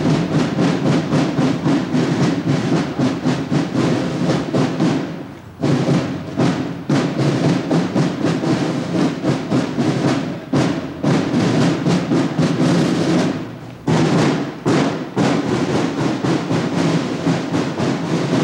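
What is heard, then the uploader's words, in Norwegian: Buekorps drumming in the streets of Bergen: a dense, loud, continuous roll of rapid snare-like strokes with a bright rattling edge. The beating barely lets up, with brief near-gaps around 5.5, 10.5 and 14 seconds before the drumming resumes at full force. Lyden av trommende buekorps i gatene i Bergen. Mai-tog med buekorps.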